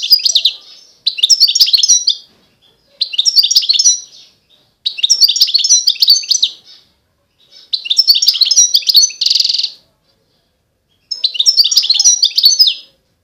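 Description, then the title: European goldfinch song repeated in six lively phrases of bright, rapid twittering, one containing a harsh buzzy note. Wild bird. "اجمل غناءالحسون الخلويchant chardonneret sauvage"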